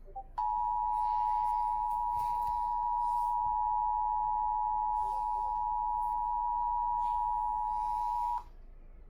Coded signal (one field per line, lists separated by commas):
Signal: Emergency Alert System (SAME) tones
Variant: 853 and 960 Hz attention tone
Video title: Eas tor on npt Eas#741